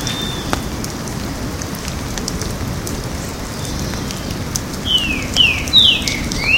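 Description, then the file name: Green-winged saltator singing a brief phrase of whistled slurred notes, falling then rising, late above a constant crackling, rain-like hiss. Recorded at a botanical garden in Porto Alegre on 18 October 2014. "Saltator-similis 1-Jd Botanico POA-18-10-14-ASilveira"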